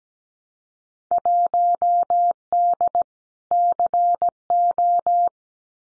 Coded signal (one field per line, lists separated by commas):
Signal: Morse code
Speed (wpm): 17 wpm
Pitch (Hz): 700 Hz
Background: none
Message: 1D CO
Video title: Field Day Exchange 17wpm